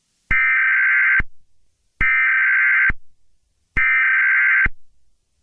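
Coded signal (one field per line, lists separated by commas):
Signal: Emergency Alert System (SAME) tones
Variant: header bursts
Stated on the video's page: Fictional EAS scenario, simulated.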